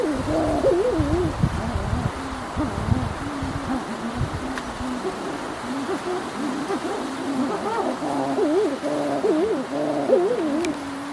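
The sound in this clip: Birds give wavering nasal notes, several overlapping at times, almost without pause.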